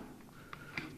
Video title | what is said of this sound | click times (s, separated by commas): INPUT 2 2 | so then you're gonna slide it back on once I hear it snap okay | 0.5 s, 0.8 s